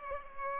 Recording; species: mosquito wingbeat signal from an infrared sensor; Culex pipiens